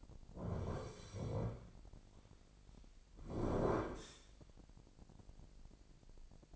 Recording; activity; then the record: daily activity, microphone in the room; sit down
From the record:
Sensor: 5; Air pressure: 1009.3 hPa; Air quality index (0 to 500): 152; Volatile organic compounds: 2 ppm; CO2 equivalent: 1165 ppm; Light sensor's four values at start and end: 240/574/243/265 and 234/562/238/259